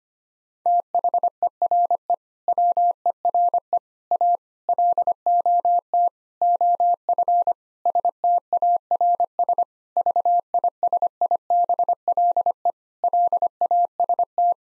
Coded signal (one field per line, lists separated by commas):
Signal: Morse code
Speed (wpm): 25 wpm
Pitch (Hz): 700 Hz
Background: none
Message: THERE WERE A LOT OF STARS VISIBLE LAST